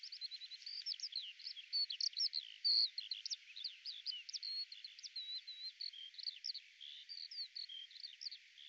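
Eurasian skylark song, a softer continuous cascade of rapid chirps and trilled phrases over a faint steady hiss.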